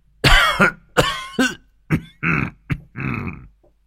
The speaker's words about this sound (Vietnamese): Dứt lời, Hoàng lão gia ôm ngực ho khan mấy tiếng, rồi đứng dậy phất tay bỏ về buồng riêng.